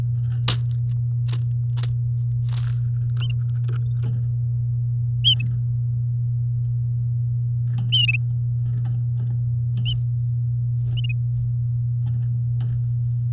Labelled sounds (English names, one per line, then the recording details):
Domestic Canary song
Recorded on 8 May 2018 at 09:32
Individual llb16